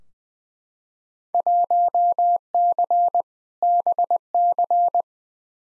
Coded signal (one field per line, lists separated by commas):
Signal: Morse code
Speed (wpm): 21 wpm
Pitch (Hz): 700 Hz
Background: none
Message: 1C BC